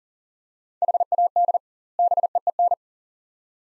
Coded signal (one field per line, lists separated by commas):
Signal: Morse code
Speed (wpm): 40 wpm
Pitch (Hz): 700 Hz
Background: none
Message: HAD BEEN